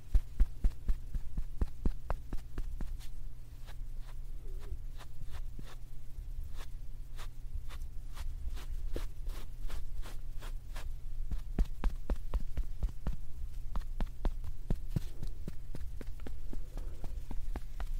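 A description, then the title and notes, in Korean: A makeup puff and pouch are handled, giving a steady run of sharp little taps and clicks across the whole clip, quick and uneven, bunching up near the start and again around eleven to thirteen seconds. A low, constant hum sits underneath throughout. ASMR 클리오 퍼프 , 파우치 소리 가득.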